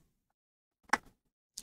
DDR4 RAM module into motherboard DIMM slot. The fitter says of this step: and then you push it down from both sides and it should click in place